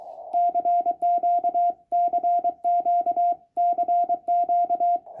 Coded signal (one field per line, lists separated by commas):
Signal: Morse code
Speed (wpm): 23 wpm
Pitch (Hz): 700 Hz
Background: none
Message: CQ CQ CQ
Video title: QRP Labs 50W PA: 3 things you should know before buying